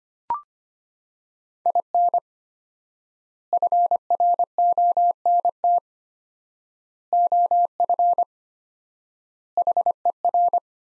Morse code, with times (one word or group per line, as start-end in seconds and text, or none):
1.7-2.2 IN
3.5-5.8 FRONT
7.1-8.2 OF
9.6-10.6 HER